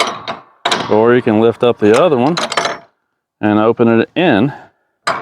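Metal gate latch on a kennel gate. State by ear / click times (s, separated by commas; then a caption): not seated / none. A metal gate latch on a kennel gate is handled as the gate is lifted and opened inward, with short bursts of handling noise between stretches where someone talks. The clip ends before the latch locks in place, and nothing has seated or clicked yet.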